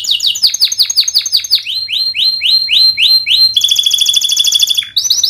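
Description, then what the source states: Canary singing rapid chains of sweeping whistled notes, shifting pitch between phrases, then a steady high rattling trill and a brief final flourish. Canary (kenari) in active full song ('gacor'), featuring prized melodic turns ('cengkok') and fill phrases ('isian'), from the Indonesian songbird hobby scene.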